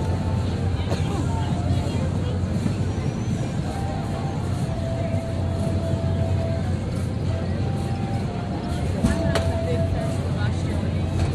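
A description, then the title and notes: A steady crowd din at the New Jersey State Fair, voices blending into a constant murmur over a low rumble and hum. Brief tonal whines and whistles drift in and out, with a sharp click or clatter near the nine-second mark. Recordings of the 2009 New Jersey State Fair made by Dan Bodah at the Sussex Co. Sussex Co. Fairgrounds, Frankfort, NJ.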